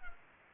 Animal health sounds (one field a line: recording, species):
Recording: mosquito wingbeat signal from an infrared sensor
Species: Culex pipiens